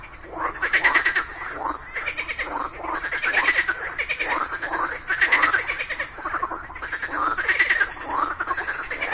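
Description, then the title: Frogs calling together, rattling pulsed croaks with some rising notes, bursts repeating steadily and overlapping throughout. A group of frogs calling together in chorus just after daytime rain. "Just after it rained during the day, a group of frogs happily cooperated perfectly, creating a symphony of nature."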